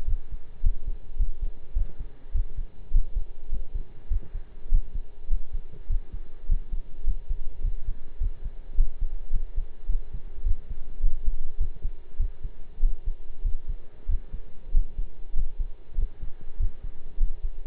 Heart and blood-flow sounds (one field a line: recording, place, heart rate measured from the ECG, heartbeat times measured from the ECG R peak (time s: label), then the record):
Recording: heart sounds by stethoscope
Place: between the tricuspid and mitral areas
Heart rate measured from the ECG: 102 bpm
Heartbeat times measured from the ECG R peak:
0.07 s: heartbeat
0.63 s: heartbeat
1.18 s: heartbeat
1.75 s: heartbeat
2.34 s: heartbeat
2.93 s: heartbeat
3.51 s: heartbeat
4.10 s: heartbeat
4.71 s: heartbeat
5.30 s: heartbeat
5.89 s: heartbeat
6.48 s: heartbeat
7.06 s: heartbeat
7.63 s: heartbeat
8.20 s: heartbeat
8.77 s: heartbeat
9.33 s: heartbeat
9.88 s: heartbeat
10.45 s: heartbeat
11.02 s: heartbeat
11.59 s: heartbeat
12.19 s: heartbeat
12.82 s: heartbeat
13.44 s: heartbeat
14.08 s: heartbeat
14.74 s: heartbeat
15.36 s: heartbeat
15.97 s: heartbeat
16.59 s: heartbeat
17.20 s: heartbeat
From the record:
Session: pedaling a stationary bicycle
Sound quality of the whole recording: partially saturated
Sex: male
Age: 23 years